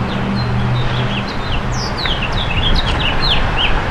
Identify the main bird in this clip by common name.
House Finch